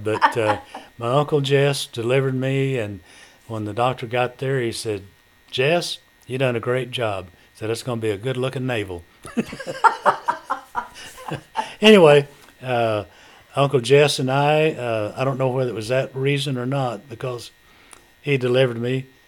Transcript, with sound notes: But my Uncle Jesse delivered me and when the doctor got there he said, "Jesse, you done a great job." said, "That's gonna be a good looking Naval." (Laughter) Anyway, Uncle Jesse and I-- I don't know whether it was that reason, or not because he delivered me.